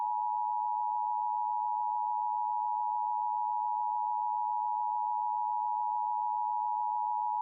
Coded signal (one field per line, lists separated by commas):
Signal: Emergency Alert System (SAME) tones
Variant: 853 and 960 Hz attention tone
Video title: EAS Scenario: The Return Of The Babylon Virus